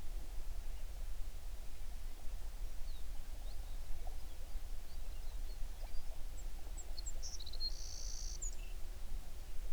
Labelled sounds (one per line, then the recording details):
songbird
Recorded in the Prudhoe Bay oil fields, Alaska, on 11 June 2019 at 04:41
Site 21